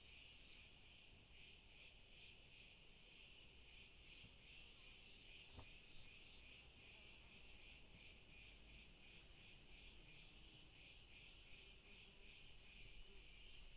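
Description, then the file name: Crickets in a dense high-pitched chorus of rapid pulsing chirps throughout, with a single sharp click midway. "Grillen"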